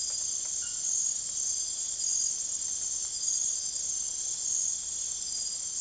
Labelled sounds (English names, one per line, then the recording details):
none
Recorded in secondary vegetation near Puerto Asís, Putumayo, Colombia, on 25 June 2025 at 03:00
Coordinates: 0.489, -76.322
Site G021